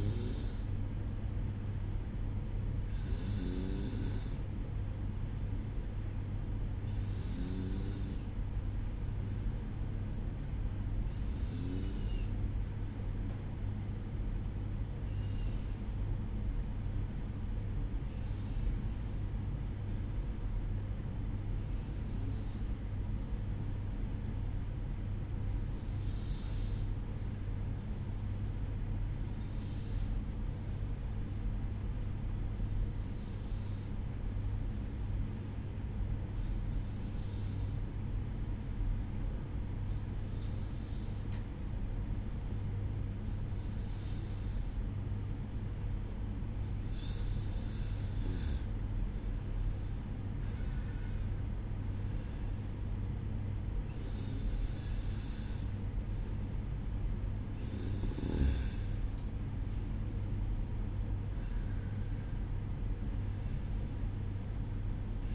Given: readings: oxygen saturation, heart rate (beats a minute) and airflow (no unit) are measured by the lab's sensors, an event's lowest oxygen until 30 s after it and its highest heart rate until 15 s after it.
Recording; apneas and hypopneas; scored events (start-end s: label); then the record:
breathing in sleep by a smartphone at the bedside; 1
9.00-65.35 s: new sleep stage, N2 (light sleep)
17.00-47.20 s: hypopnea (N2, oxygen 95% highest, then 92% lowest, heart rate 58 at the start, 67 highest)
From the record:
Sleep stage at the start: N1 (lightest sleep); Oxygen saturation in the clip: 91 to 95%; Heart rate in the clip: 58 to 67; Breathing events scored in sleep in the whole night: 305 in 9.6 hours asleep